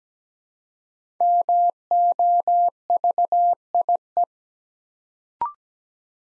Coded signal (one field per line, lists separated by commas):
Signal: Morse code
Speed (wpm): 17 wpm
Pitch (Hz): 700 Hz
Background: none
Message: MOVIE